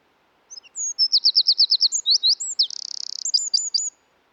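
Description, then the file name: Eurasian wren giving a bright, rapid song of repeated chips and looping whistles, broken by a fast mechanical trill, ending with a few quick notes. "British Library - European Wren Troglodytes troglodytes"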